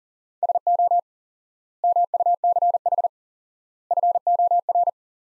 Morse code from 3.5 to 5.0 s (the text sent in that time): FOR